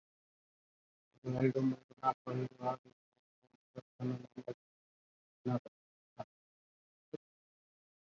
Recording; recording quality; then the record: counting at a fast pace; poor, much background noise or distortion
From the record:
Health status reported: COVID-19 positive, mild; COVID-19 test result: positive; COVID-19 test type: RT-PCR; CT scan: not taken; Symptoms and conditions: cough, breathing difficulty, fatigue, diabetes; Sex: male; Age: 55 years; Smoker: no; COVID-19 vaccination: both doses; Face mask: worn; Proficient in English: yes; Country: India